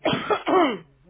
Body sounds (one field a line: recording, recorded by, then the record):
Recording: voluntary cough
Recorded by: telephone call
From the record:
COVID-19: positive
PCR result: checked with the laboratory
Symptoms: no